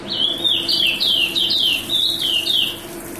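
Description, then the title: Oriental magpie-robin song: a run of several clear, downward-slurred whistles, each sliding into the next, over a faint steady low hum. "Kicau Kacer"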